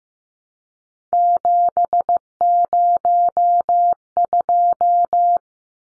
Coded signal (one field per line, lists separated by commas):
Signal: Morse code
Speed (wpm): 15 wpm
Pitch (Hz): 700 Hz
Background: none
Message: 702